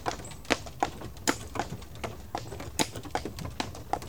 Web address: The BBC Sound Effects Library Horses # 2 and Dogs